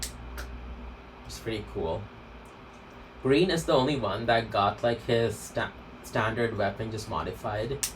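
A black button is pressed on a plastic action-figure weapon, releasing the spring-loaded red toy missile that was clicked into place, with a single sharp hit at 0.0 s. The missile launcher fires, and afterwards someone talks.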